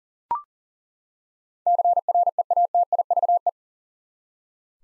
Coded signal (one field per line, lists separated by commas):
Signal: Morse code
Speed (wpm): 40 wpm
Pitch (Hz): 700 Hz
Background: none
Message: CREATIVE